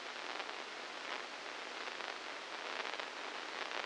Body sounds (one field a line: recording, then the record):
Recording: brain microelectrode recording played as sound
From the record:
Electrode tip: inside the subthalamic nucleus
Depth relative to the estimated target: -1 mm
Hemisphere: left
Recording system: NeuroSet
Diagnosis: Parkinson's disease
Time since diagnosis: 15 years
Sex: female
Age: 59 years